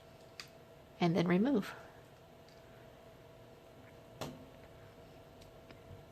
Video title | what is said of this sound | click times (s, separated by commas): How to Change Wax Guards in Phonak Audeo Paradise Hearing Aids | gently press the receiver into the receptacle until you hear a click | 0.4 s